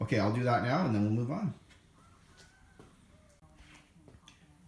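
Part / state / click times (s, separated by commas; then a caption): plastic fender flare clipping onto a UTV rear fender / seated / 4.3 s. Someone talks for the first second and a half, then the plastic 'S' fender flare is pressed onto the rear plastic fender of a RZR 900 UTV. Faint handling noises follow, and a sharp snap at 4.3 s marks the flare's clips seating onto the fender.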